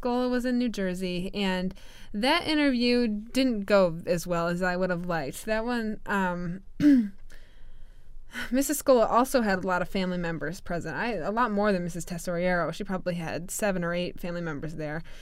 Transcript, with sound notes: Scola was in New Jersey, and that interview didn't go as well as I would have liked. That one, (she clears her throat) Mrs. Scola also had a lot of family members present, I, a lot more than Mrs. Tesoriero. She probably had seven or eight family members there.